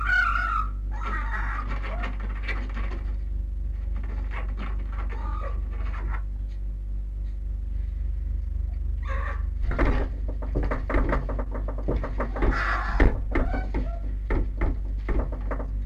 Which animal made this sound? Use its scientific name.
Vulpes vulpes